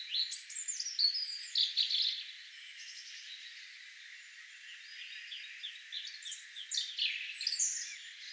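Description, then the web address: European robin giving high, tinkling, wavering phrases early on, then a quieter pause before another run of bright, squeaky warbles toward the end. Song given in a particular manner, recorded 6 May 2025. "6 5 2025 tuolla tavoin laulava punarinta"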